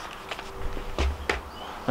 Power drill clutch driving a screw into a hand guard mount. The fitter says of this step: That clicking noise is what you want to hear. If you don't hear that clicking noise, the next one you'll hear is you rounding out the head,